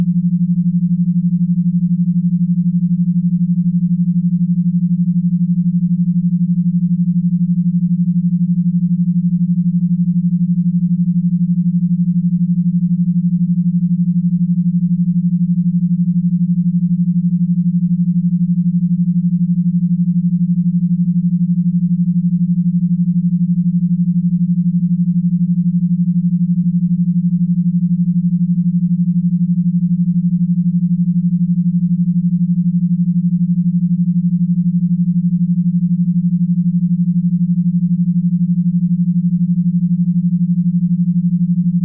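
A steady 165Hz delta-frequency tone hums without change for the whole clip, a pure low note with nothing else around it.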